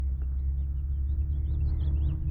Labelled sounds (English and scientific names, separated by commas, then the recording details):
House Finch (Haemorhous mexicanus) song
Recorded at WGilgo Beach on Long Island, New York, on 22 May 1975
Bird D